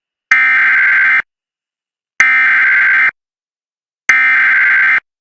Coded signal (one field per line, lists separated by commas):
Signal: Emergency Alert System (SAME) tones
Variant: header bursts